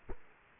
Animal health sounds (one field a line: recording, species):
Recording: mosquito wingbeat signal from an infrared sensor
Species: Culex quinquefasciatus